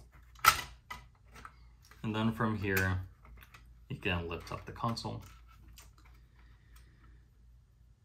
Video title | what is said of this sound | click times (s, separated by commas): Nintendo Entertainment System (NES) Disassembly Series: Part 4b - Reassembly Continued | could take some wiggling however it's just going to snap into place just like that | 0.5 s